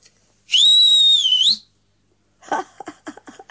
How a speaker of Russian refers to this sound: Мадам, не следует так свистеть.